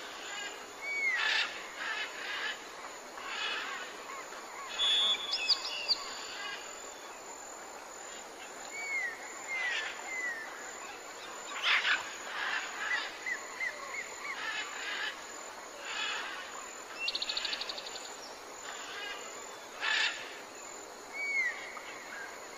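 Birds call and sing in a steady stream of short, bright chirps and rising whistles. Several overlap at once, with bursts around the middle and near the end, over a faint high hiss and almost nothing low.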